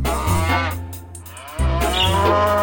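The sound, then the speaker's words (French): Cows on a farm moo in long, deep, droning calls, one lowing bellow followed by another after a brief dip, loud and rich with harmonics, with no talking. “Au revoir les vaches, à bientôt.”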